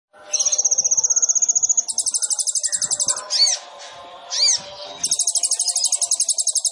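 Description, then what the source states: Sunbird song: long, steady, very high rapid trill, then a harsher buzzy rattle, two ringing notes, and the rattle again. Indonesian masteran song-training material of an actively singing (gacor) sunbird, with fill-in (isian) and shot (tembakan) phrases, used as a lure (pancingan) to prompt birds to sing.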